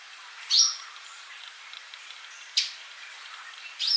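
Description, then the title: Bird chirps: three sharp, high notes, one drawn into a short whistled slur, spaced irregularly over a faint steady hiss. "Kicau Burung"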